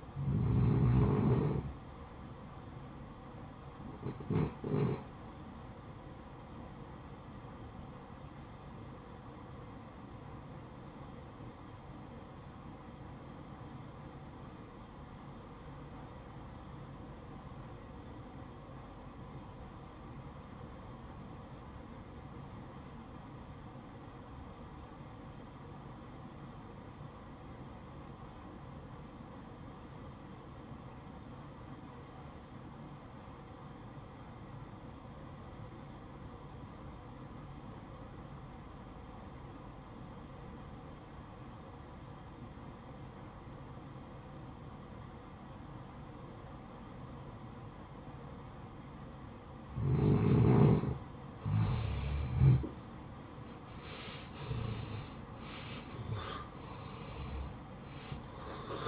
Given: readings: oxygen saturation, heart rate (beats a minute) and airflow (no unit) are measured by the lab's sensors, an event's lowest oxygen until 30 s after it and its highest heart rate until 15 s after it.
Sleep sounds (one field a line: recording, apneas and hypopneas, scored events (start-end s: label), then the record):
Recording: breathing in sleep by a smartphone at the bedside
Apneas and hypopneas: 1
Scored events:
10.00-52.40 s: obstructive apnea (REM, oxygen 94% highest, then 78% lowest, heart rate 68 at the start, 80 highest)
From the record:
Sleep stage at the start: REM sleep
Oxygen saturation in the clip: 80 to 94%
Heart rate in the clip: 51 to 79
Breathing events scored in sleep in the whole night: 573 in 9.8 hours asleep